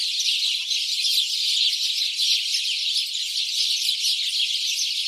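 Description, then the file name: House sparrows chattering, a thick mass of sharp chirps running continuously, loudness rising and falling slightly. "Passer domesticus"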